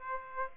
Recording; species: mosquito wingbeat signal from an infrared sensor; Aedes aegypti